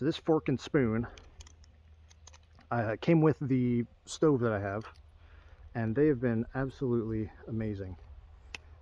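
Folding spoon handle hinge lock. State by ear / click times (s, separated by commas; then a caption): seated / 8.5 s. Someone talks about a folding camping spoon and fork that came with their stove, with faint handling ticks between about 1.4 and 2.6 seconds. The folding spoon is then unfolded, and its handle hinge gives a sharp snap at 8.6 seconds as it locks open. The lock works only about 90% of the time.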